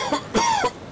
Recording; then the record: coughing mixed with background sound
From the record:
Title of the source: Dry Coughing Fit in the Afternoon.